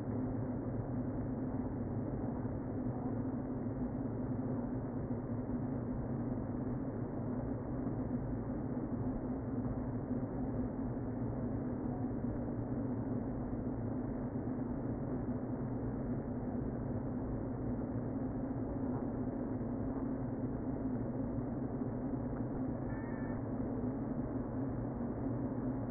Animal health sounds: honeybee colony, microphone inside the hive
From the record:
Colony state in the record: queen present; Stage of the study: before two queens were removed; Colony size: about 60,000 bees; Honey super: yes

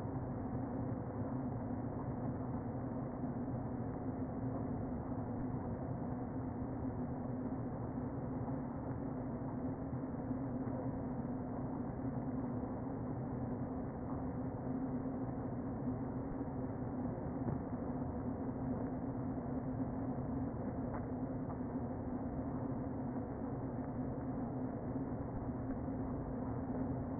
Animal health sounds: honeybee colony, microphone inside the hive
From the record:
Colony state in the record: queen present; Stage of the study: before two queens were removed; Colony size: about 60,000 bees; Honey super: yes

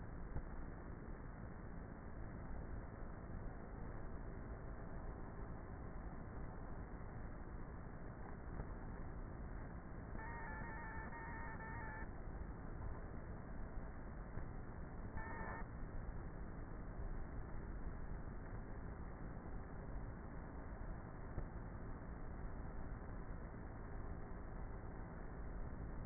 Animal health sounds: honeybee colony, microphone inside the hive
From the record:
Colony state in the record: queenless with a low population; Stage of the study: before two queens were removed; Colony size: about 30,000 bees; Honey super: no

